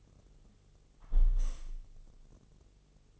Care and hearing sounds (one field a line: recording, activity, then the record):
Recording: daily activity, microphone in the room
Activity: close window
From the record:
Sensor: 4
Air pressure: 1001.2 hPa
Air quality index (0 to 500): 170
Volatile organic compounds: 2 ppm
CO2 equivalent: 1220 ppm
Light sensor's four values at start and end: 13/29/12/12 and 13/29/12/12